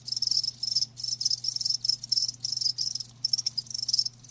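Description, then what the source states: Crickets trilling in fast high-pitched pulses, broken by brief gaps, with a low hum underneath. Live crickets chirping with a lulling song.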